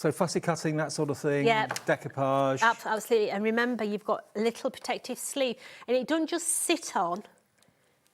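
Someone talks while a plastic protective sleeve is handled at the blades of a pair of craft scissors, about to be pushed on until it locks. After the talking stops, two faint short ticks come at about 7.6 and 8.1 seconds. The sleeve has not clicked or locked on yet.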